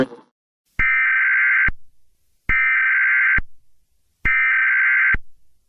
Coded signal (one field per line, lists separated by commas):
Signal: Emergency Alert System (SAME) tones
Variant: header bursts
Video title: Extreme Cold Warning EAS